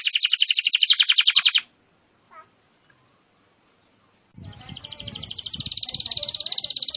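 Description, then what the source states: Canary song, a loud rapid trill that stops, a short silence with a faint click, then the trill resumes over low rumbling noise. Canary in full, vigorous song (gacor).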